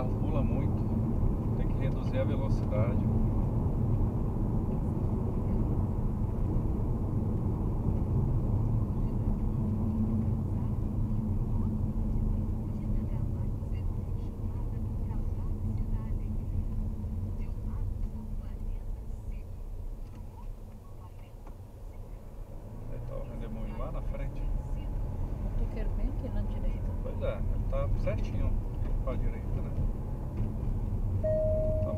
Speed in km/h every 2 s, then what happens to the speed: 64, 65, 63, 60, 52, 43, 36, 31, 19, 13, 12, 23, 30, 37, 43, 43.
0-19 slows to 12. 20-28 speeds up to 43.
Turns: none.